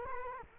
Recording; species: mosquito wingbeat signal from an infrared sensor; Culex quinquefasciatus